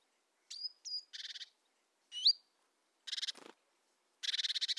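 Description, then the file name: Great tit calls: thin high whistled notes mixed with dry buzzy chattering bursts, ending in a rapid rasping churr. "Parus major"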